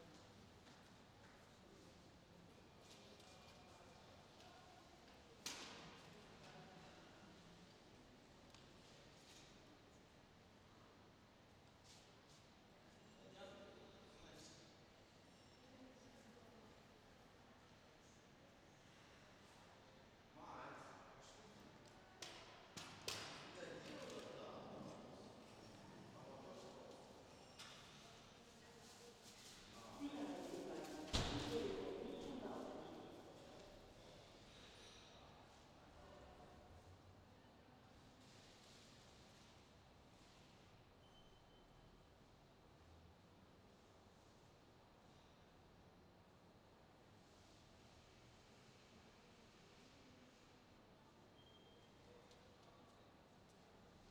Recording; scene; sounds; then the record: everyday scene through a hearing-aid microphone; reverberant space; background noise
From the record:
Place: railway station hall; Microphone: in the ear canal, left